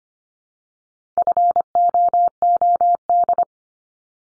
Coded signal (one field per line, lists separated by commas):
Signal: Morse code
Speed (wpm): 25 wpm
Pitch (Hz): 700 Hz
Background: none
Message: FOOD